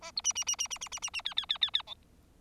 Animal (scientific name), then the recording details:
Lonchura striata domestica. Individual Bird4